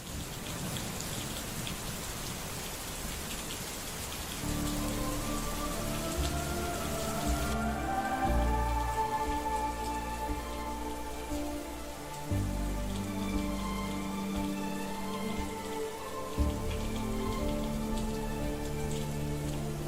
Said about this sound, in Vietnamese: Ở bên phía gian phòng của gã Hải Bốn vang lên một bản nhạc nghe buồn bã, kết hợp với cơn mưa đêm của Đà Lạt làm cho bầu không khí trở nên thê lương.